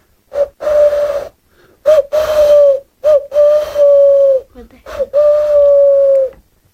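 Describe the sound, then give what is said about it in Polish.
A person imitates an owl on a Trójka Polish Radio program, with several long, steady, mid-pitched hoots, each held for about a second, separated by short breathy pauses, with the pitch sliding slightly down at the end. “Ja umiem sowę na przykład, patrz.”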